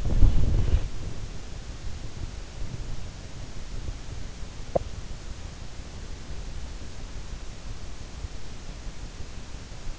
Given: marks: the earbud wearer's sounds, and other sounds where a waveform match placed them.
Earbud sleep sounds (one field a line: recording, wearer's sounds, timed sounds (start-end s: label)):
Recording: sounds in sleep by an in-ear microphone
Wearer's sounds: body movement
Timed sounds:
0.00-0.85 s: body movement